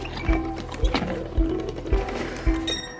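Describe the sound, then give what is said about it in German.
Horses munching washed carrots given as their evening treat on a Friday evening: a steady series of five crunchy chews at an even pace, each a short crisp bite over a low, continuous background hum. “Genüsslich werden sie jetzt die Mohrrüben fressen.”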